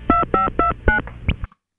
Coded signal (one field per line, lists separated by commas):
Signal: DTMF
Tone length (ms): 140 ms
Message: 2529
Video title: Evan Doorbell: George, The Interactive Answering Machine